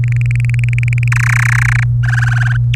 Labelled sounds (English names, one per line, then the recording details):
Domestic Canary song
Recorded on 24 April 2018 at 18:07
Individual llb3